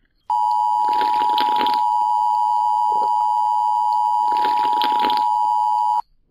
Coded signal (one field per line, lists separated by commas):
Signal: Emergency Alert System (SAME) tones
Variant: 853 and 960 Hz attention tone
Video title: BCOLTrainFan85 RBLX #38: Emergency Alert System